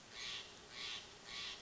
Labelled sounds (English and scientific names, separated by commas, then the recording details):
Steller's Jay (Cyanocitta stelleri)
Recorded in Sonoma County, California